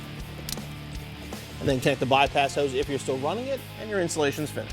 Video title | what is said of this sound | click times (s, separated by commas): 2015-2017 Mustang EcoBoost Roush Cold Air Intake Kit Installation | now the last step is to connect the PCV hose you just snap into place | 0.5 s